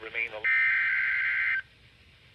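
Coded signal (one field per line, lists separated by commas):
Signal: Emergency Alert System (SAME) tones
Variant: header bursts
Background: speech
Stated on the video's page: Severe thunderstorm warning received on an HH54VP2 weather radio.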